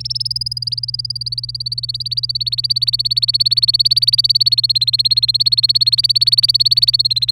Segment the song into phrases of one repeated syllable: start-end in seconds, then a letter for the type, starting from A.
0.00-7.32 A